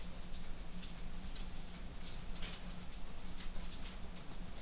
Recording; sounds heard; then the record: poultry house recording; no chicken sound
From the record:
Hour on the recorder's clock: 23